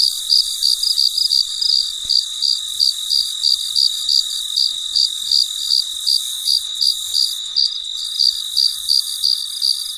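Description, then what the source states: Cricket making bright, high chirps in a quick regular rhythm, set against an unbroken high whine. Recorded late at night, described as very quiet.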